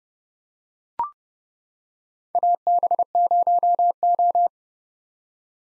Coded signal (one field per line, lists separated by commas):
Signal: Morse code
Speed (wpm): 30 wpm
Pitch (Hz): 700 Hz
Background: none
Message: AB0O